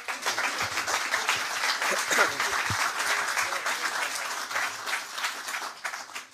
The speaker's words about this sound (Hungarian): Most kell tapsolni.